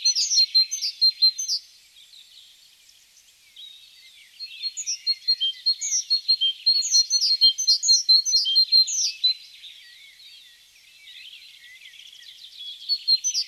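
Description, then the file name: Great tit calling in quick bursts of sharp, high chirps, a lull of a couple of seconds after the opening burst, then a dense stretch of rapid repeated notes. "Parus major"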